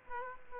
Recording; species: mosquito wingbeat signal from an infrared sensor; Aedes aegypti